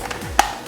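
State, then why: Seated. The plastic rotating muzzle nozzle on a Nerf Rival Curve Shot Flex XXI-100 spring-powered foam-ball blaster is twisted to set the curve position that makes the ball curve. Faint ticks come near 0.1 s, then one sharp click at 0.4 s as the nozzle locks into place.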